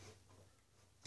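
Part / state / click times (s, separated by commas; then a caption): carbonation bottle into soda maker head / not seated / none. A plastic carbonation bottle is screwed into the head of a SodaStream soda maker until it should click, but it does not, and it is used anyway. A low steady hum runs under faint ticking, ending with a short, sharp broadband burst at 1.1 s. Nothing has seated or clicked yet.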